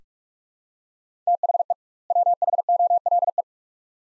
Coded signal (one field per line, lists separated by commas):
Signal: Morse code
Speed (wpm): 44 wpm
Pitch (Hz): 700 Hz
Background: none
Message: THE WHOLE